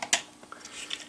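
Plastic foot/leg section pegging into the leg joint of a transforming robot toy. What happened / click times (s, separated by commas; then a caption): The plastic joint snapped into place / 0.1 s. A plastic foot and leg section of a transforming robot toy is twisted during a robot-to-car transformation, with the car's front section folded down into a foot and heel spur. A sharp plastic click at 0.1 s marks the joint pegging in, followed by faint rattles and handling ticks. The joint is seated, dropped in and more secure.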